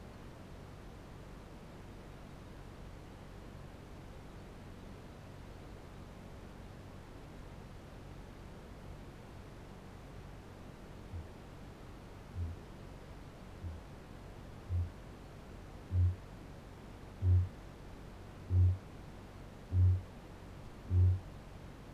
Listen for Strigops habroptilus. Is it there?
yes